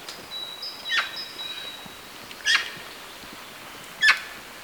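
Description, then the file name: Eurasian magpie giving three harsh, rasping single calls, roughly one and a half seconds apart, while a thin, high steady whistle sounds early on. "Pica pica"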